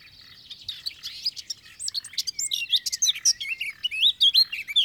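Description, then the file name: Eurasian blackcap song starting as a soft, scratchy chatter and swelling into loud, clear fluty whistles toward the end. "Sylvia atricapilla"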